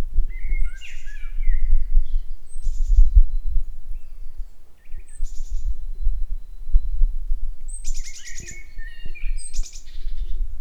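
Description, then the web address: Common blackbird singing, a short mellow warbled phrase early on, later a high squeaky twittering flourish, with a steady low rumble throughout. Recorded at Grimsvik on 26 March 2016. "fagelljud 20160326 koltrast grimsvik"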